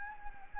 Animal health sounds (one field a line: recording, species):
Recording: mosquito wingbeat signal from an infrared sensor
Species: Anopheles gambiae